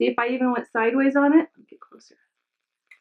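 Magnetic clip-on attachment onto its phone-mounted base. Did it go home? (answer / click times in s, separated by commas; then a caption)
yes / 2.9 s. A magnetic clip-on attachment is brought sideways toward its phone-mounted base and pulls itself into place. Someone talks for the first second and a half, followed by faint soft handling sounds and then a single sharp snap at 2.9 s as the attachment seats.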